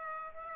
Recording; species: mosquito wingbeat signal from an infrared sensor; Aedes aegypti